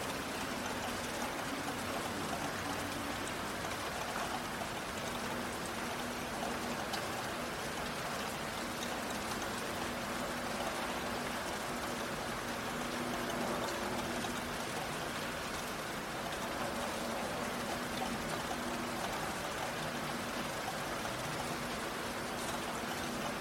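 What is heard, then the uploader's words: Heavy rain pours down steadily in a city, a thick, even hiss of water that never lets up over the whole stretch. Beneath it runs a low, constant hum, like traffic or machinery, with a few faint drips and taps scattered through. Heavy Rain City Sounds. Heavy rain, city sounds, urban ambiance, rainstorm, rainy city.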